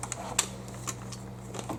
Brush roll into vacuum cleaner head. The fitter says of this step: I'm not a Dyson person so oh it snapped in place got